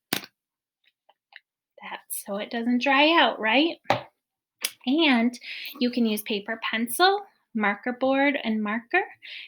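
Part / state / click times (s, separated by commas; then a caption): plastic lid onto a play-dough tub / seated / 0.1 s. A plastic lid is pressed onto a play-dough tub and snaps shut with a sharp click at 0.1 s, sealing it so the dough doesn't dry out. A few faint ticks follow, then someone talks.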